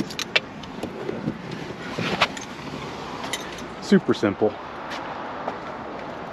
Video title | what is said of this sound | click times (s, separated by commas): 2021 Jeep Compass Windshield Replacement | and just pull back on that and it pops that loose. | 0.4 s